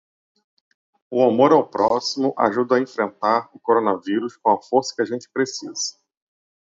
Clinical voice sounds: spoken sentence; Brazilian Portuguese; male; 40 to 49 years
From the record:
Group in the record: control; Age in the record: 40 years

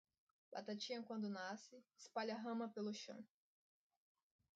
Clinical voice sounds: short text; Brazilian Portuguese; female; 20 to 29 years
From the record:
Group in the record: control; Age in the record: 25 years

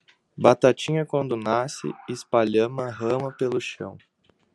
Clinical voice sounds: short text; Brazilian Portuguese; male; 18 to 19 years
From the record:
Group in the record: control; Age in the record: 18 years

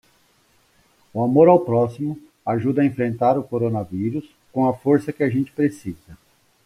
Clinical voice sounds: spoken sentence; Brazilian Portuguese; female; 20 to 29 years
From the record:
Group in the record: control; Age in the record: 29 years

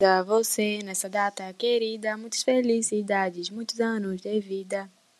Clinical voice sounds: short text; Brazilian Portuguese; female; 20 to 29 years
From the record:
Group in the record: control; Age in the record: 22 years

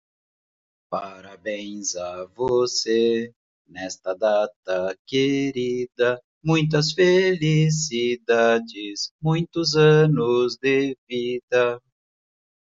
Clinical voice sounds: short text; Brazilian Portuguese; male; 40 to 49 years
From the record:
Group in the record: control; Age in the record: 44 years

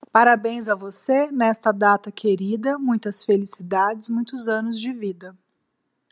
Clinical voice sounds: short text; Brazilian Portuguese; female; 40 to 49 years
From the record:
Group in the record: control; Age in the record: 42 years

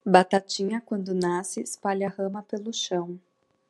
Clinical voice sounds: short text; Brazilian Portuguese; female; 30 to 39 years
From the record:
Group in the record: control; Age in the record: 34 years

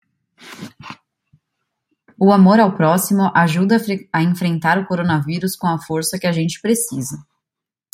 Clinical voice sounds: spoken sentence; Brazilian Portuguese; female; 30 to 39 years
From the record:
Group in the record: control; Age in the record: 30 years

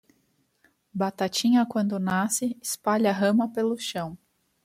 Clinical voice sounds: short text; Brazilian Portuguese; female; 30 to 39 years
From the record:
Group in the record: control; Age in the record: 31 years

